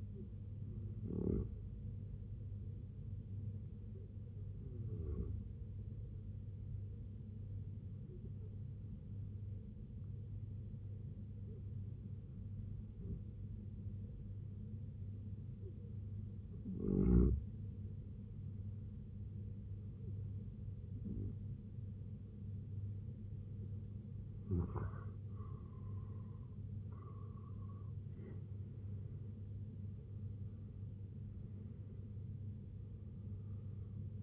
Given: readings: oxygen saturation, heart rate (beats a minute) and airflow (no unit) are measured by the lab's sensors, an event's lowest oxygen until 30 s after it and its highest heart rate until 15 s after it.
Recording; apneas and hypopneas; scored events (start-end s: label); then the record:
breathing in sleep by a smartphone at the bedside; 1
3.00-23.90 s: hypopnea (N1, oxygen 93% highest, then 88% lowest, heart rate 68 at the start, 88 highest)
From the record:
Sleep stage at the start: N1 (lightest sleep); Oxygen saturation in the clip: 87 to 93%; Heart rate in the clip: 66 to 88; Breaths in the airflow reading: 10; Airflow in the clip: -8.8 to 9.6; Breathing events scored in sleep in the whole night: 258 in 7.4 hours asleep